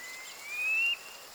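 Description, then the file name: Brown quail giving a single thin whistle that slides steadily upward and ends abruptly, against quiet background hiss. "Golosa ptic - Buryj perepel Synoicus ypsilophorus"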